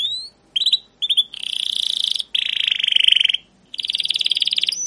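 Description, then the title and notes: Canary song in bursts: short chirps, then long rolling buzzy trills separated by brief pauses, steady and high-pitched throughout. Captive canary; long, continuous chirping song used as a lure and master recording to train young canaries to sing. "CUIT CUIT NGEROL LANGSUNG GACOR PANJANG Kenari Ini AMPUH Utk Pancingan KENAR. PANCINGAN Kenari GACOR PANJANG Cuit CUIT EMOSI ini AMPUH utk MASTERAN Kenari PAUD belajar BUNYI. burung kenari"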